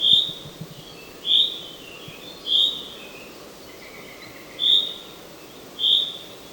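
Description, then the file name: Common chaffinch giving short, bright, high-pitched call notes, repeated roughly every one to two seconds, with faint softer bird notes between them and low background hiss. "Fringilla coelebs"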